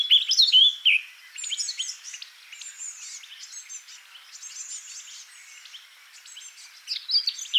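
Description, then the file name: Eurasian blackcap song with a loud fluty phrase at the start, then a long stretch of thin, scratchy high twittering before another brief louder phrase. "Sylvia atricapilla"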